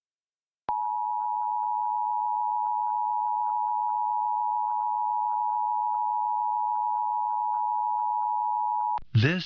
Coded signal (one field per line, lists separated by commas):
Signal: Emergency Alert System (SAME) tones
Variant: 853 and 960 Hz attention tone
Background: speech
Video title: 2023 National EAS Test on Tampa Bay local TV stations